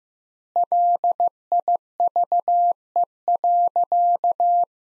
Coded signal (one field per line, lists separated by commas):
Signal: Morse code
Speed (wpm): 15 wpm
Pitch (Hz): 700 Hz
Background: none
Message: LIVE.